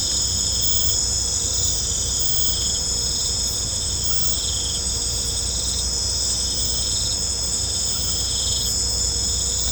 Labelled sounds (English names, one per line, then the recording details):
none
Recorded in pastures near Puerto Asís, Putumayo, Colombia, on 16 December 2024 at 18:30
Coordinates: 0.502, -76.324
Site G077